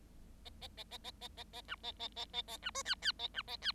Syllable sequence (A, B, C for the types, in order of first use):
A A A A A A A A B A A A A A B C D D A B A D